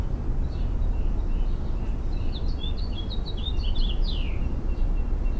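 Mockingbird singing a rapid jumble of short chirped and slurred notes, then a sweeping downward phrase and a faint trailing note, with constant low-pitched rumbling noise behind.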